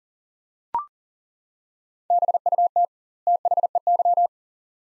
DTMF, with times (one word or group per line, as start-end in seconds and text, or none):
none